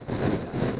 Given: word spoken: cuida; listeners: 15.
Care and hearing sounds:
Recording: one Spanish word in noise, from a listening test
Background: noise modulated by three-talker babble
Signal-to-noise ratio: -7.0 dB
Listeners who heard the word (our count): 0 of 15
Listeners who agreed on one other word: 6 of 15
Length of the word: 0.40 s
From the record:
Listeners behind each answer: 6, 2, 1, 1, 1, 1, 1, 1, 1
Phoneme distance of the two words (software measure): 17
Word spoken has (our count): 2 syllables, 5 phonemes, stress on syllable 1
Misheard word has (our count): 2 syllables, 4 phonemes, stress on syllable 1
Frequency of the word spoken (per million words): 5.57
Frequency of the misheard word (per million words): 809.46

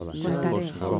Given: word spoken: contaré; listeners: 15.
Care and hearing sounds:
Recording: one Spanish word in noise, from a listening test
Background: four-talker babble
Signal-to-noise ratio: -1.9 dB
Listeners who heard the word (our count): 4 of 15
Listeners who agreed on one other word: 7 of 15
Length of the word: 0.60 s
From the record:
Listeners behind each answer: 7, 4, 1, 1, 1, 1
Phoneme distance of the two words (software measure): 20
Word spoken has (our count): 3 syllables, 7 phonemes, stress on syllable 3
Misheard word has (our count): 3 syllables, 7 phonemes, stress on syllable 3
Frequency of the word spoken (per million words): 2.47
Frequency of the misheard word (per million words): 0.08

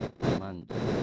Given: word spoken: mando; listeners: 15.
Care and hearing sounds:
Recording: one Spanish word in noise, from a listening test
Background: noise modulated by one talker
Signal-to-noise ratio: -9.7 dB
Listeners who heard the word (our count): 0 of 15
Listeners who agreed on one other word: 10 of 15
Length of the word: 0.64 s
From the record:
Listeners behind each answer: 10, 2, 1, 1, 1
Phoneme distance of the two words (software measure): 10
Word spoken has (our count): 2 syllables, 5 phonemes, stress on syllable 1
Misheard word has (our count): 2 syllables, 5 phonemes, stress on syllable 1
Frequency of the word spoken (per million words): 39.99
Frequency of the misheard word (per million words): 9.62

